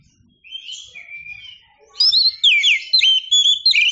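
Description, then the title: Oriental magpie-robin giving soft drawn-out whistles that break into a loud, quick series of sharp sweeping notes. Champion songbird; chirping song. "Kicau Burung Kacer Juara"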